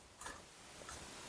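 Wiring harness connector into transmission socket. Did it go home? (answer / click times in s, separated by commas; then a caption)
no / none. A wiring harness connector is handled at the transmission socket of a Chrysler Town & Country 62TE transmission, with its locking clip to be rotated back to lock it. A brief sharp handling sound at about 0.2 s and a fainter one near 0.9 s stand out over low background noise. Nothing has seated or clicked yet.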